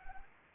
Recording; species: mosquito wingbeat signal from an infrared sensor; Anopheles arabiensis